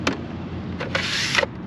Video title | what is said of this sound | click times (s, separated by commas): Runhood Rallye 600 Portable Power Station Review - BigRigSteve | they snap in | 1.4 s